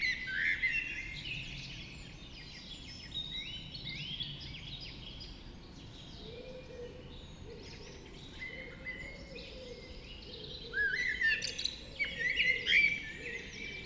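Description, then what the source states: Birds in a dawn chorus, many overlapping songsters giving whistles, trills and warbles, busiest at the start and again near the end, over a faint low rumble. Dawn chorus recorded just after dawn in the Forest of Dean.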